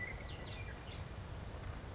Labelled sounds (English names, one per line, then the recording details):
California Towhee
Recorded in Sonoma County, California